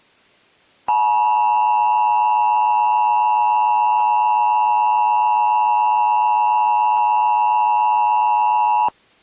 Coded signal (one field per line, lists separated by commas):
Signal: Emergency Alert System (SAME) tones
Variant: 853 and 960 Hz attention tone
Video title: WDHF Archived EAS Broadcast (Circa 2011)